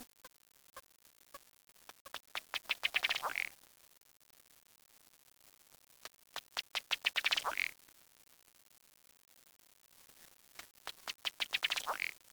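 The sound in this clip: Bird giving three bouts of rapid notes, each speeding up and growing louder before ending, a few seconds apart, over faint background hiss.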